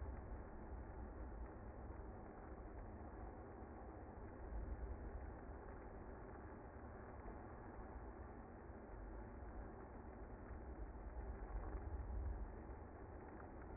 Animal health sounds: honeybee colony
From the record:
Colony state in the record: active

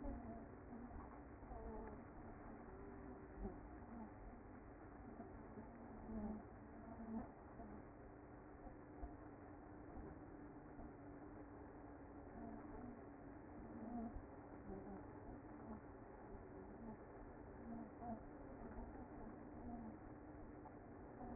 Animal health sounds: honeybee colony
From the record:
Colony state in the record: active

